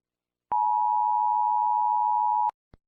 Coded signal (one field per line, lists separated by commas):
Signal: Emergency Alert System (SAME) tones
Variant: 853 and 960 Hz attention tone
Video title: rating EAS alarms for the first time